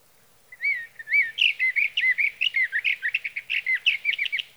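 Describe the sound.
Sage thrasher song opening with two clear slurred whistles, then breaking into a rapid, jumbled warble of varied notes.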